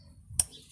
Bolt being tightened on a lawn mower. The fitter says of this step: อันนั้นแล้วก็ดังแก๊ก1ก็พอนะครับนี่